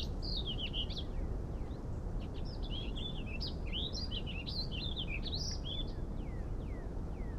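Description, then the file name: Warbling vireo singing a rambling, fast warble of high slurred notes, set against steady low rumbling noise throughout. Spring migrant recorded at Assateague on 14 May 2011. "Warbling Vireo Spring Migrant Assateague 20110514"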